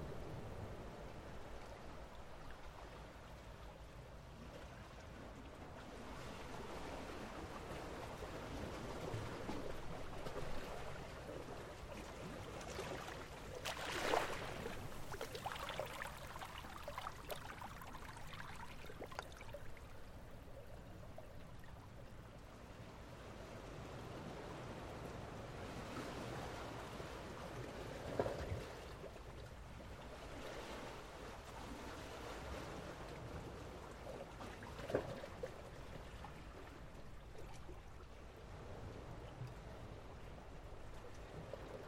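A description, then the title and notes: Water surges steadily through seaweed in a coastal hollow, a dense rushing wash with brief louder splashes near 14, 28 and 35 seconds. Coastal Hollow - Seaweed. Everything sounds so oddly distant. The seaweed dances with the surge as the water flowed through.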